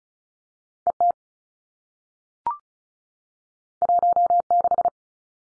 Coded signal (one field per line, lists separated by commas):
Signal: Morse code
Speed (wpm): 36 wpm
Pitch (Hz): 700 Hz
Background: none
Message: E T 1 6